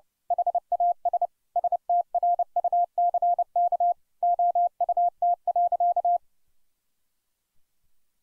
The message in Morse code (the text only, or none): HAS STRUCK OUT.